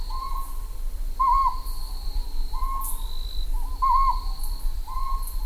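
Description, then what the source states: Ryukyu scops owl giving repeated hoots, some of them quavering. Recorded at night in Ryukyu forests while searching for the Amami rabbit; described as a very commonly heard sound there.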